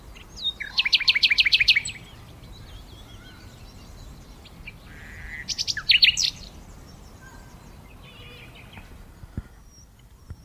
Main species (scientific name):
Luscinia megarhynchos